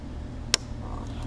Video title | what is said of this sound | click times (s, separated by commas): 02-07 Audi & Volkswagen step by step Headlight Removal | once you hear the click then you can actually remove | 0.5 s